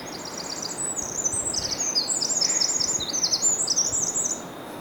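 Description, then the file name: Eurasian wren song: a long, rapid outpouring of high, sharp trills and chattering notes, fast and continuous for about four seconds, with steady background hiss. "Troglodytes troglodytes"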